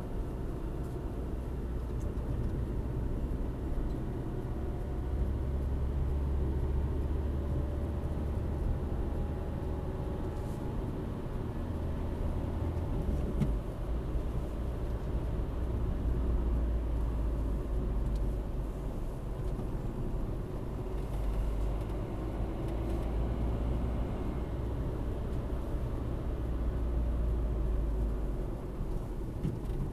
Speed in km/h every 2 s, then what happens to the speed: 47, 48, 49, 53, 54, 53, 57, 60, 54, 55, 57, 64, 63, 54, 47.
0-14 speeds up to 60. 14-19 steady at about 55. 19-22 speeds up to 64. 22-27 slows to 47.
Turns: none.